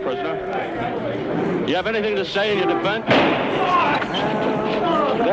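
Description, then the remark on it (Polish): A single sharp gunshot, Jack Ruby shooting Oswald as he is escorted from the prison to an armored car, cracks out partway through, cutting into a loud, dense commotion of many overlapping voices shouting and talking, which keeps going after the shot. “Padł strzał!”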